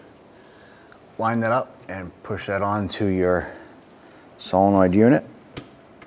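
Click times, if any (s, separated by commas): 5.6 s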